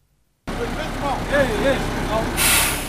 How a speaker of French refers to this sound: Ceci est le bruit d'un camion qui est en train d'aider à mettre en place la canalisation d'eau potable captée dans le marais d'Onyakijima dans la commune d'Ongozi vers la ville d'Ongozi